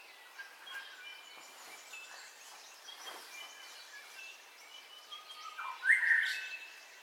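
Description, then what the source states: Birds calling at dawn: faint scattered chirps and thin whistles, with one louder call near the end over a soft background hiss. Dawn ambience of bird calls, recorded in stereo.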